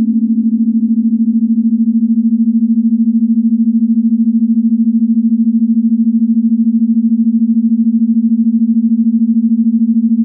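A sustained sine wave holds a single low-mid pitch for the full ten seconds at an even, unbroken level. During the first two seconds a slight wavering shimmer surrounds the tone, then it settles into a pure, steady hum with a faint overtone above.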